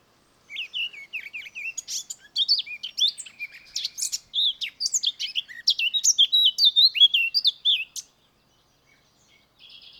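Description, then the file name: Eurasian blackcap singing a rich, varied warble of fast chirps and whistled notes, building in loudness for about seven seconds before stopping. "Sylvia atricapilla"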